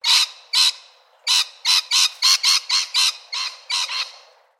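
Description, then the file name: Lorikeets screeching: harsh, shrill, buzzy shrieks in short bursts, about a dozen over four seconds, some paired closely, others after brief pauses. More than one lorikeet. "BIRD LORRIKEETS"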